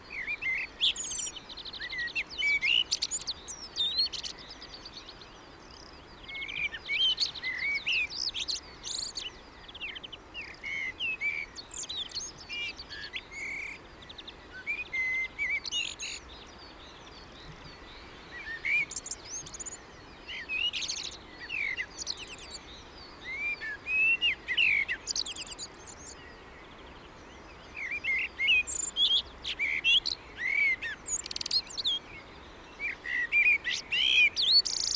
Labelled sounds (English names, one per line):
Common Blackbird song